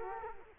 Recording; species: mosquito wingbeat signal from an infrared sensor; Culex quinquefasciatus